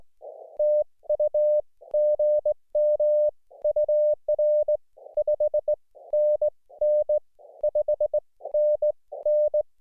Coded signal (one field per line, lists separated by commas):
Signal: Morse code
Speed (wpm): 18 wpm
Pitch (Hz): 590 Hz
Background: none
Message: TU GM UR 5NN 5NN